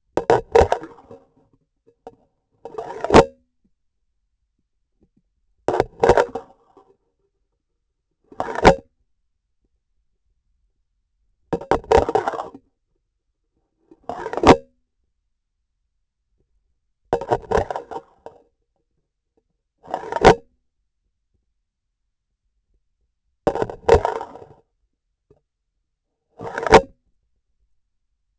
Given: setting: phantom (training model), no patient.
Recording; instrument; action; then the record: laparoscopic instrument, vibration sensor on the handle end; grasping forceps; insertion and removal through the trocar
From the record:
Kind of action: spatial motion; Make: Olympus